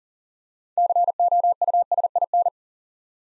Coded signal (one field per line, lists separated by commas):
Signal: Morse code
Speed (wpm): 44 wpm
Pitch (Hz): 700 Hz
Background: none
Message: COUSIN